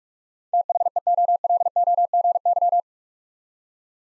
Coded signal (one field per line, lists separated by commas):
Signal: Morse code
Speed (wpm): 44 wpm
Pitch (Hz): 700 Hz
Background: none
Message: THEOLOGY